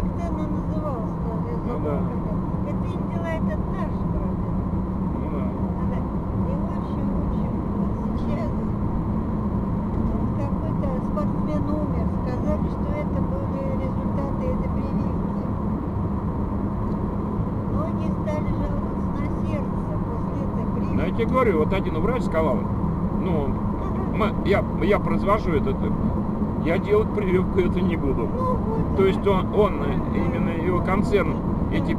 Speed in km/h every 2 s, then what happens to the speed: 67, 70, 71, 71, 73, 73, 75, 75, 74, 74, 77, 76, 76, 75, 74, 76.
0-12 speeds up to 75. 12-32 steady at about 75.